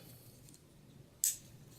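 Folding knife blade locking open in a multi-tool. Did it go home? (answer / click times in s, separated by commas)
yes / 1.2 s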